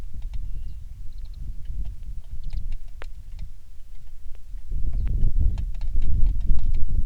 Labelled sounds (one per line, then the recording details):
songbird
wind
rain
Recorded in the Prudhoe Bay oil fields, Alaska, on 27 July 2019 at 18:19
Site 19